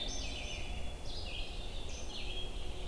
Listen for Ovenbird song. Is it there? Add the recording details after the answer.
no. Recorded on 22 June 2016 at 05:47. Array SBT-6-76